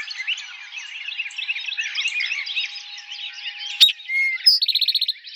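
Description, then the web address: Eastern towhee song near the end: a sharp note, a low whistle and a buzzy pulsed trill, after several seconds of crowded bird chatter. Recorded in 2007. "Eastern Towhee 2007 01 04 Eastern Towhee"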